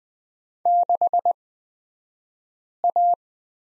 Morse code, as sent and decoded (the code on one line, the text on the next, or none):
-.... .-
6A